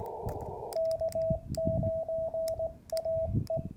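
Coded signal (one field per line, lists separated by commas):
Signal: Morse code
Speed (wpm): 19 wpm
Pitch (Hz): 650 Hz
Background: radio noise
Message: K9AE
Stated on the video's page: Georgia State Parks on the Air activation, 40 m CW segment of a POTA event.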